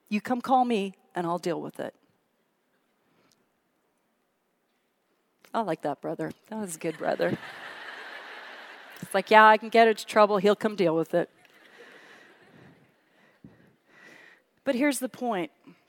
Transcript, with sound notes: you come call me, and I'll deal with it." I like that brother. That was a good brother. [laughter] Like, "Yeah, I can get into trouble. He'll come deal with it." But here's the point.